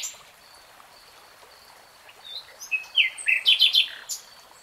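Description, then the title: Nightingale: song phrase after a quiet start: a short burst of rich, varied chirping notes over a steady hiss. Singing, in real time. "[Tiếng chim hót] REALTIME Nightingale Singing"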